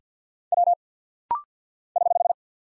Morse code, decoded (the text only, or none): W <HH>